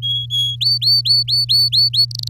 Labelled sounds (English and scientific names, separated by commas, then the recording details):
Domestic Canary (Serinus canaria) song
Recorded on 7 May 2018 at 14:19
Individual llb16